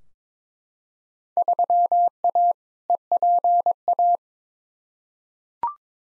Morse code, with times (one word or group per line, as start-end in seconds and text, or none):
1.4-2.5 3A
2.9-4.2 EPA